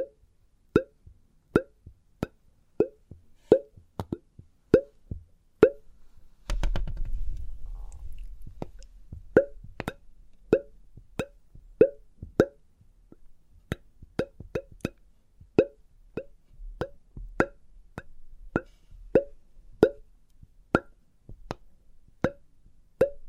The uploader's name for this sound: Experimental Triggers in Test Tubes